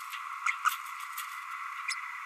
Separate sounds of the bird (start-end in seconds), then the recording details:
1.88-1.94. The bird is a male. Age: 30 days. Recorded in a nest box in Venezuela. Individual 17B32A6